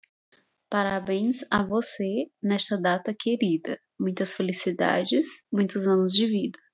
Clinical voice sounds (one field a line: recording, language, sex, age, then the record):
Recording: short text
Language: Brazilian Portuguese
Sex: female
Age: 20 to 29 years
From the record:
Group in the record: control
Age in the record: 26 years